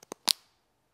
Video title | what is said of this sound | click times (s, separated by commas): How to install OSRAM LINEARlight Protect -TEAMSAFETY DIN OBEROENDE SÄKERHETSPARTNER | the module into the cage up to the end and press the connector from the top listen for the click | 0.3 s